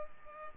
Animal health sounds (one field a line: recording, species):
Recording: mosquito wingbeat signal from an infrared sensor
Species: Culex pipiens